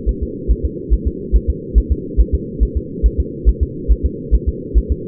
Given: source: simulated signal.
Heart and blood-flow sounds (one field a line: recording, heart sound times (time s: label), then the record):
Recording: fetal heart sounds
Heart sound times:
0.09 s: S1
0.23 s: S2
0.51 s: S1
0.65 s: S2
0.94 s: S1
1.08 s: S2
1.36 s: S1
1.50 s: S2
1.78 s: S1
1.92 s: S2
2.21 s: S1
2.34 s: S2
2.63 s: S1
2.77 s: S2
3.06 s: S1
3.20 s: S2
3.49 s: S1
3.63 s: S2
3.92 s: S1
4.06 s: S2
4.34 s: S1
4.48 s: S2
4.78 s: S1
4.92 s: S2
From the record:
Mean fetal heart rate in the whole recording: 140 bpm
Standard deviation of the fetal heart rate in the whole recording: 2 bpm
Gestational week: 34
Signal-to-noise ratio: -4.1 dB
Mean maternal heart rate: no maternal heart sound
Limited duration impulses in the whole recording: absent